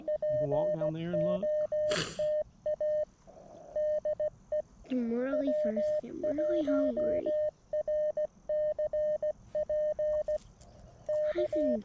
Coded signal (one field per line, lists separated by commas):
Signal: Morse code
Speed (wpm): 16 wpm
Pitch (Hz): 610 Hz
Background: speech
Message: POTA DE W1RCP K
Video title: A hike and QRP POTA activation of the Doerun Pitcherplant Bog WMA K-7882